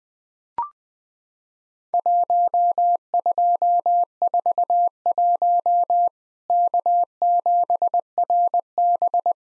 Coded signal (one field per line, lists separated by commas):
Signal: Morse code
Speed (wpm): 20 wpm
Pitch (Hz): 700 Hz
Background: none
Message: 1241 K7RB